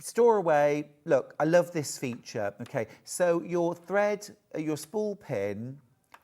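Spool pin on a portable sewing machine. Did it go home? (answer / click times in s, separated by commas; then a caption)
no / none. Someone talks while folding or pushing the plastic spool pin on a portable sewing machine down toward its stowed position, with a couple of faint ticks near 6.0–6.2 s at the very end. The clip ends just before the spool pin goes home; nothing has clicked into place yet.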